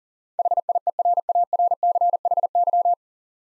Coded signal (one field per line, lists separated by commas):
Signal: Morse code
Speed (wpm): 40 wpm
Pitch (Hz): 700 Hz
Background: none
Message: HIERARCHY